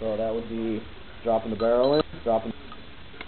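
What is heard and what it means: The barrel of a Springfield XD40 pistol is being dropped into the slide and down into its notch during reassembly after cleaning. Someone talks throughout, and a brief soft tick comes near 3.2 seconds at the very end. Nothing has seated or clicked into place yet.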